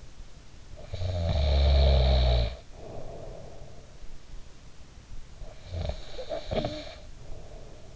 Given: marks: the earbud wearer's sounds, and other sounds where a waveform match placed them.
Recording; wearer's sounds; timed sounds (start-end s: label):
sounds in sleep by an in-ear microphone; snoring breath
0.75-3.87 s: snoring breath
5.43-7.96 s: snoring breath